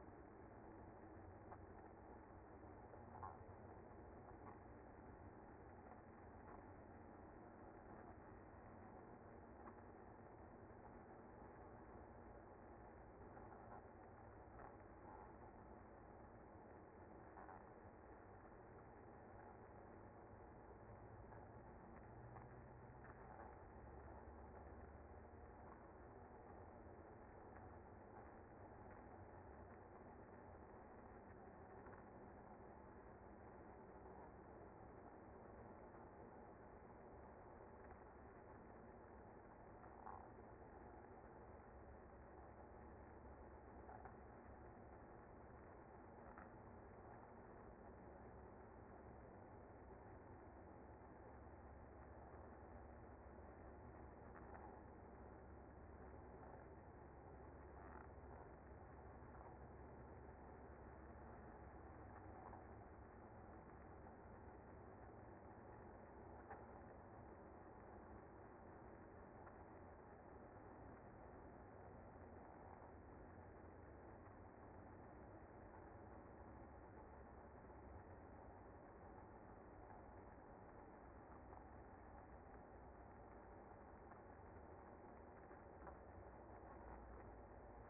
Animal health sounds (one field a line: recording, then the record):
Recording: honeybee colony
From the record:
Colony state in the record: active